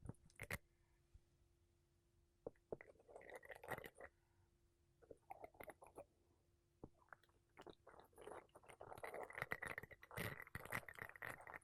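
Makeup brushes and a sponge rub and scratch against a microphone in uneven, crackly bursts, punctuated by sharp taps near the start and around the four- and eight-second marks. A faint steady tone hums underneath until about eight seconds, after which the brushing grows denser and busier.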